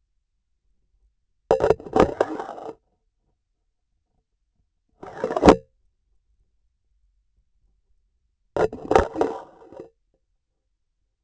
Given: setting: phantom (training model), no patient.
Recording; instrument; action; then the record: laparoscopic instrument, vibration sensor on the handle end; grasping forceps; insertion and removal through the trocar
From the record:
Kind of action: spatial motion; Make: Olympus